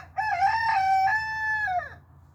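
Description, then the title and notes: Chicken: rooster crowing, one loud drawn-out cock-a-doodle-doo with a stuttered start, a long level middle and a falling end, under a low steady hum. Four roosters crowing: a young black Silkie, Kuro, still developing his crow, and three louder adult roosters, including newcomer Rocky, who became dominant. "Rocky the newcomer"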